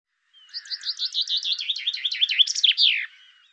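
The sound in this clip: Bird singing a brisk series of high, slurred chirps that tumble downward, finishing with a falling sweep.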